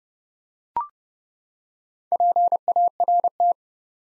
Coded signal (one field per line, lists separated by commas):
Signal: Morse code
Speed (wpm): 30 wpm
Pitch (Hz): 700 Hz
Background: none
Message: PART